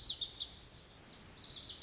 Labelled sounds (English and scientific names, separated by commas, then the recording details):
Lazuli Bunting (Passerina amoena)
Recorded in Sonoma County, California